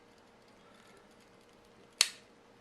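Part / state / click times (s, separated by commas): rifle bolt into its hold-open lock in the receiver / seated / 2.0 s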